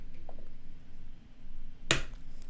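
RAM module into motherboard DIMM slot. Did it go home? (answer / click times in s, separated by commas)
yes / 1.9 s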